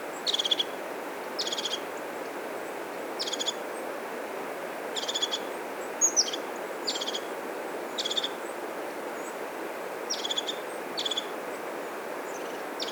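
Bird repeating brief, high, buzzy notes at uneven intervals of one to two seconds over constant background hiss.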